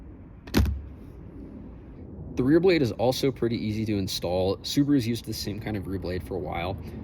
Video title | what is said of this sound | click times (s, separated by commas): How to Replace Wiper Blades on a 2019 Subaru Crosstrek (1-min guide) | and you should hear the wiper click when it's secure. | 0.6 s